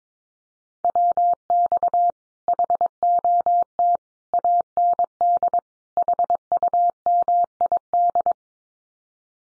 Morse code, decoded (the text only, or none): WX HOT AND HUMID